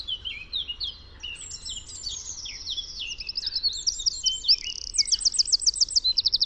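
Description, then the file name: Wren singing a fast, tumbling stream of high chips and sweeps, then loud, rapid trills repeated in quick succession toward the end. "Troglodyte"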